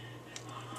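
A plastic camera housing on a small toy drone is pushed forward to unlatch it, so it can be lifted to reach the battery underneath. A short, sharp snap is heard at 0.4 seconds over a steady low hum. The camera module latch snaps open and is released.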